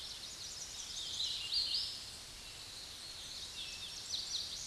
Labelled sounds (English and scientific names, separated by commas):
Hooded Warbler (Setophaga citrina) song